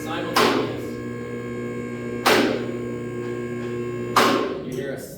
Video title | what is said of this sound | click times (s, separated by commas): Reviewing advantage 10k two-post lift! | that's that so then once you get up past that click now you can | 0.4 s, 4.2 s